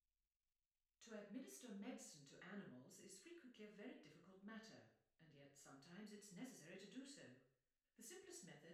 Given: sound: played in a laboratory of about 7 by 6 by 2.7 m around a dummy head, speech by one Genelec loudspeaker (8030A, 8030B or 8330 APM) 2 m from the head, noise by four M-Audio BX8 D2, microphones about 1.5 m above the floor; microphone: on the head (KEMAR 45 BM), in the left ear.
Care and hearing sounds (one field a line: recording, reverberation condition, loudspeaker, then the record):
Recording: female speech in English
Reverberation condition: medium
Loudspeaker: 150 degrees to the right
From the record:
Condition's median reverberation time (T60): about 510 ms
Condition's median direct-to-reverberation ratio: about -0.5 dB